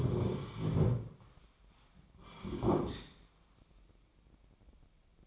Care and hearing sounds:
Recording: daily activity, microphone in the room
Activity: sit down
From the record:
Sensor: 1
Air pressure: 1009.3 hPa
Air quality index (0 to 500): 178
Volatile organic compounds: 3 ppm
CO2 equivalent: 1506 ppm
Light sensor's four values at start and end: 44/117/48/58 and 46/123/51/61

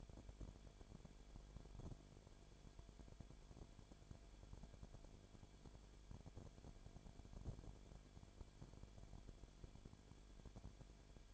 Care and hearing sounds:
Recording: daily activity, microphone in the room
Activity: no activity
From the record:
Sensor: 5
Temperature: 19.8 degrees Celsius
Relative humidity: 33.3%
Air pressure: 1001.4 hPa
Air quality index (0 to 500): 31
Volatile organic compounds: 1 ppm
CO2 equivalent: 525 ppm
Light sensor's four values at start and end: 2/3/1/1 and 2/3/1/1

